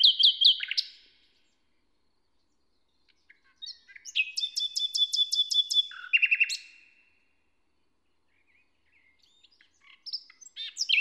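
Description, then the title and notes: Common nightingale song with a loud opening burst, then a long phrase of rapid repeated clicks over a level whistle, a pause, and notes returning near the end. In a forest near Hoscheid, Luxembourg, on an early summer morning after a wet night as the sun rises; performs a kind of morning song. "hoscheid, forest, nightingale. Hoscheid - Waldmorgen. Inside the forest. recorded early on a summer morning. After a wet night the sun comes up and sparkles through the leaves of the trees. A nightingale performs a kind of morning song"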